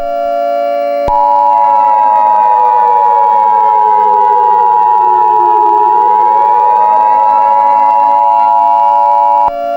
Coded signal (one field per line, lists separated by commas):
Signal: Emergency Alert System (SAME) tones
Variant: 853 and 960 Hz attention tone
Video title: Eas scenario 1 Duolingo owl